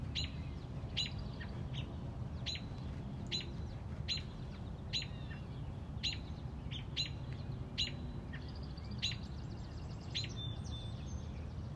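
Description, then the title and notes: Robin giving a long series of clipped high chips over a low steady drone. Mother robin on a front porch, protecting a newly hatched chick. "A Mother Robin’s Love. Stubbled upon a Mother Robin on our front porch. Protecting a newly born baby Robin"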